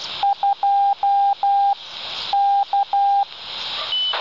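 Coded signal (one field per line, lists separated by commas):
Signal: Morse code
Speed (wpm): 12 wpm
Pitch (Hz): 800 Hz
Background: none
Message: 2 K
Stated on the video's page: Received mobile from an experimental repeater aboard a glider, on a Dj195 handheld with half-wave antenna, 146 MHz.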